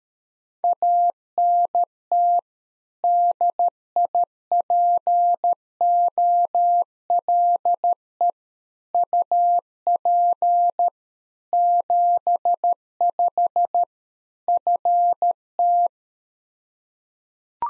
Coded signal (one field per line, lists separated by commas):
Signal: Morse code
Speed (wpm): 13 wpm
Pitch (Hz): 700 Hz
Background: none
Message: ANT DIPOLE UP 75 FT